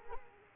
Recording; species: mosquito wingbeat signal from an infrared sensor; Culex quinquefasciatus